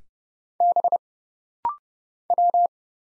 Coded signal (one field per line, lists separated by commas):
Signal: Morse code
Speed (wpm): 30 wpm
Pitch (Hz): 700 Hz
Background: none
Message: B W